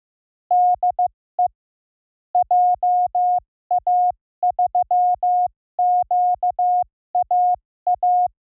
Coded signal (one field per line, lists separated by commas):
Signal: Morse code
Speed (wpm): 15 wpm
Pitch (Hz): 720 Hz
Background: none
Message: DE JA3QAA